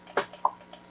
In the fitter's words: Okay, I'm going to get this just locked into place.